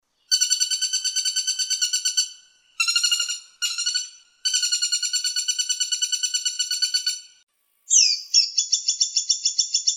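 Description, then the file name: Woodpeckers calling: several bursts of rapid, sharp, evenly repeated notes, then a different squeaky rattling series near the end. Common Flameback (pelatuk bawang) together with a pygmy woodpecker (caladi). "Kombinasi pelatuk bawang caladi"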